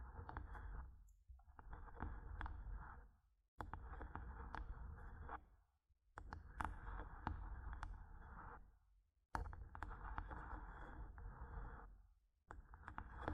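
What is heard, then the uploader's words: Rough scratching and tapping on a microphone in bursts of a second or two, with sharp knocks scattered through and short silent gaps between. ASMR Mic Tapping and Scratching (No Talking).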